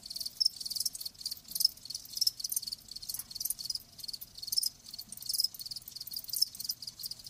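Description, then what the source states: Soft, continuous high-pitched cricket chorus with faint scattered chirps standing out from the steady buzz. Live crickets chirping.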